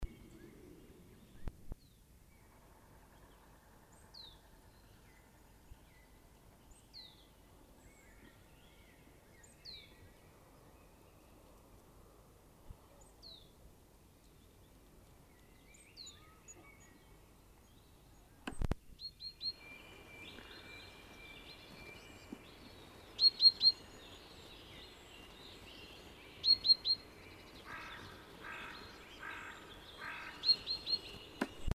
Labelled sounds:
Great Tit song
Carrion Crow
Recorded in the wild
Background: Corvus corone
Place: Kaiserslautern, Rheinland-Pfalz, DE
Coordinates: 49.4481, 7.78778
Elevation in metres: 241
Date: 1974-03-28
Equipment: Nagra IV, Sennheiser MKH 405, Parabolreflektor
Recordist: Tretzel, Erwin
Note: Kaiserslautern - Ost: Gesang "pipipi"

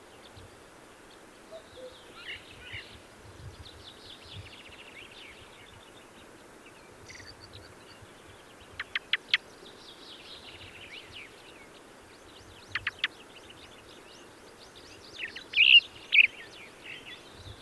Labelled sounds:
Ring Ouzel song
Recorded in the wild
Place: Sibiu, Transilvania, RO
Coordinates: 45.803, 24.145
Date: 1976-05-20
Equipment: Nagra III BH, Sennheiser MD 21, parabola
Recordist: Schubert, Michael
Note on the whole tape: Gesang Ringdrossel und "dack"-Serien

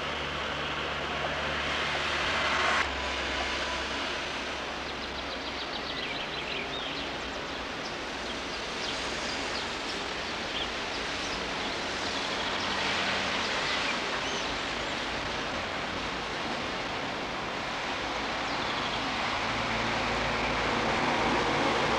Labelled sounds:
Common Chaffinch song
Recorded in the wild
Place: Grindelwald, Bern, CH
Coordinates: 46.6253, 8.03083
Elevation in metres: 1036
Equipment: Uher 4000 Report, Sennheiser MKH 815 T
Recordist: Tretzel, Erwin

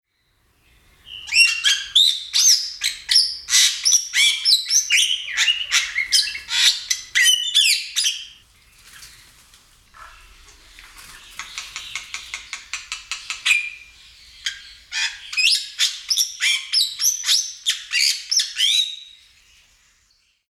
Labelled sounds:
Yellow-vented Bulbul
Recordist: Tembrock, Günter
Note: Gesang

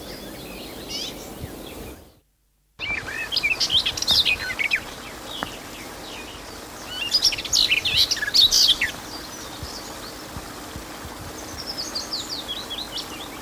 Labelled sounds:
Garden Warbler
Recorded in the wild
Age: subadult
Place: Steinhuder Meer, Niedersachsen, DE
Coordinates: 52.4734, 9.33772
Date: 1986-07-01
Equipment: Halbspur, 9,5 cm/s
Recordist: Lütgens, Hans

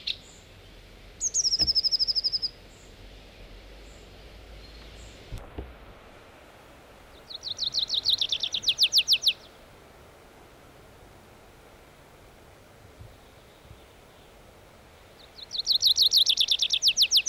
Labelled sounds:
Tree Pipit song
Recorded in the wild
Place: Clausthal-Zellerfeld, Oberharz, Niedersachsen, DE
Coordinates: 51.78, 10.33
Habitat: forest
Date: 1986-06-16
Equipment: Sony WM-D6C, Parabolscheibe
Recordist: Skiba, Reinald

